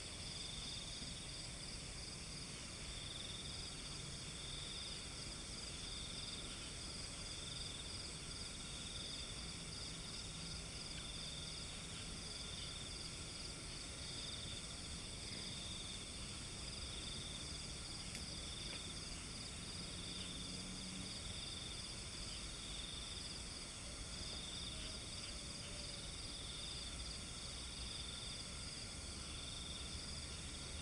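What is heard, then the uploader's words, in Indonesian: A nighttime rice-field soundscape near Borobudur: steady insect trilling fills the high range in several constant layered bands, unchanged throughout. Underneath runs a low rumble, and a faint engine-like hum swells between about 12 and 22 seconds, with a brief click near 18 seconds. Soundscape ini direkam di area pesawahan berjarak sekitar 1,8 km dari Candi Borobudur pada pukul 01.00-02.00.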